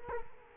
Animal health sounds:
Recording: mosquito wingbeat signal from an infrared sensor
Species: Culex quinquefasciatus

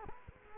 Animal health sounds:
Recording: mosquito wingbeat signal from an infrared sensor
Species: Culex quinquefasciatus

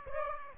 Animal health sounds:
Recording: mosquito wingbeat signal from an infrared sensor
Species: Aedes aegypti

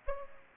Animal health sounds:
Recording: mosquito wingbeat signal from an infrared sensor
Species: Aedes aegypti

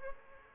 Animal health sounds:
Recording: mosquito wingbeat signal from an infrared sensor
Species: Aedes aegypti

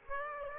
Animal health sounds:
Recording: mosquito wingbeat signal from an infrared sensor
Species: Aedes aegypti

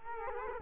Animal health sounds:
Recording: mosquito wingbeat signal from an infrared sensor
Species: Culex quinquefasciatus

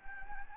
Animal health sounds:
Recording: mosquito wingbeat signal from an infrared sensor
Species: Anopheles gambiae

